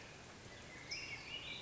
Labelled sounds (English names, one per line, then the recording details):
California Towhee
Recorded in Sonoma County, California